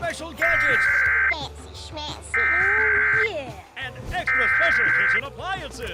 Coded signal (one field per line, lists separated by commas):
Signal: Emergency Alert System (SAME) tones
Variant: header bursts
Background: speech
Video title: EAS on KLCS (July 27, 2023)